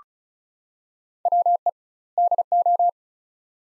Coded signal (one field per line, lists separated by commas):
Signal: Morse code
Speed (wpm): 36 wpm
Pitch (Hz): 700 Hz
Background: none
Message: WE DO